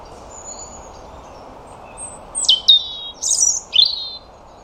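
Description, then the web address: European robin singing faint high whistles, then sharp descending notes and a bright jumbled warble, over continuous low hiss. "Deverinetal 2025 File origin Bird Only Er Ru"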